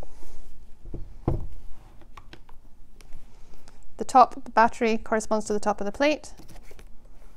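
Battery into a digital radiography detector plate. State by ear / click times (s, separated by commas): not seated / none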